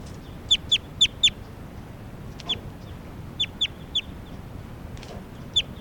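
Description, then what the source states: Crossbill calls: crisp, high chip notes, a quick run of four, then a lone note, another group of three and a last single note, over a quiet low hiss. Newly caught bird number 387 at Sage Hen on May 3rd, around 12:10.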